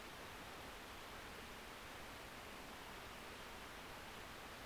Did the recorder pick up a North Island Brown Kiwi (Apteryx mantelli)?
no